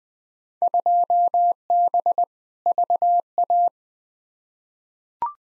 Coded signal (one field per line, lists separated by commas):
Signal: Morse code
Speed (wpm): 20 wpm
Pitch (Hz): 700 Hz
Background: none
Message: 2B VA